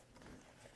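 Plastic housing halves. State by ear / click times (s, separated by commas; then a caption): not seated / none. The top plastic case half of a Black & Decker CHV1568 Dustbuster handheld vacuum is handled and pressed toward the lower housing over the rebuilt Ni-Cd SubC battery pack, with only low, steady handling noise and no sharp transients. Nothing has seated or clicked yet; the case is not yet home.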